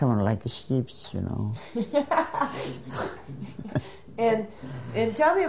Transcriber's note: she laughs